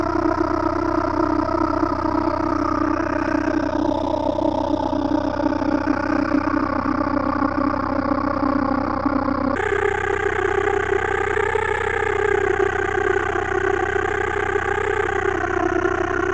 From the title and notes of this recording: Digital Insect Swarm. Raw files from sonic exploration in late march.